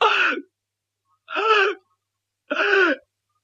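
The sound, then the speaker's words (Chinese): A voice imitates three heavy, labored gasping breaths of Emperor Zhu Yuanzhang lying in bed in the Wanshou Palace, each a loud, rasping half-second pull with a moaning tone, evenly spaced by pauses of silence. “到了7月23这天，他们就在万寿宫围在朱元璋的床前，一看呢，朱元璋是大口喘气儿。”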